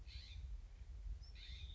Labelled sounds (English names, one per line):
California Scrub-Jay